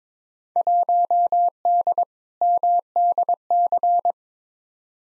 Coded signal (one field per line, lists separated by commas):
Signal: Morse code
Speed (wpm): 22 wpm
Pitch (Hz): 700 Hz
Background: none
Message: 1D MDC